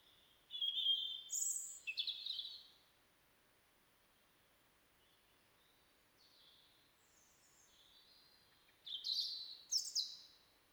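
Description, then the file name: European robin song: high, varied thin phrases with quick jumps in pitch, a long quiet gap, then a fresh burst of sharp, high notes. "Erithacus rubecula"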